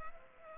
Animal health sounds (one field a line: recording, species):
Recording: mosquito wingbeat signal from an infrared sensor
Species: Culex pipiens